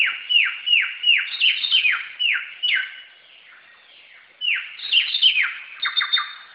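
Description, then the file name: Black-throated laughingthrush song: a series of sharp whistled notes sliding steeply downward in quick succession, then a pause and a renewed, quicker burst of similar notes. Recorded in a forest. "suara burung samyong di hutan"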